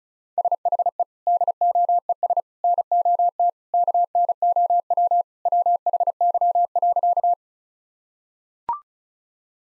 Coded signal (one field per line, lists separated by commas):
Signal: Morse code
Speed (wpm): 36 wpm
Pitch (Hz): 700 Hz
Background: none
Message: SHE DOES NOT KNOW WHY.